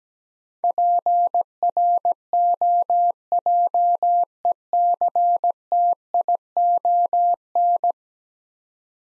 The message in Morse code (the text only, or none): PROJECTION